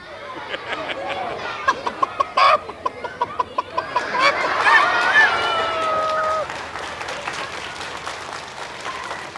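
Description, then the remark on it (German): A flock of chickens in a henhouse clucks and squawks in busy, overlapping bursts, with a rooster atop a hen and his rising cackle standing out midway, over a steady rustling background. “Dann sah ich Klein Erna vom Hühnerstall und fragte die Mami, sag Mami, der Hahn da auf der Henne, macht er die Henne vielleicht kaputt?”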